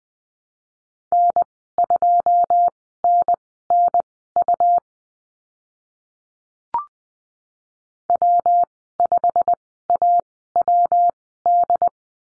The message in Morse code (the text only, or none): N2NNU W5AWD